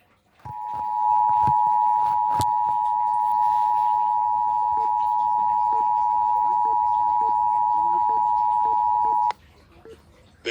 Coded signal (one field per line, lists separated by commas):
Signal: Emergency Alert System (SAME) tones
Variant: 853 and 960 Hz attention tone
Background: speech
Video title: EAS/NWR Alert or message #572-582: Ohio Required Monthly Test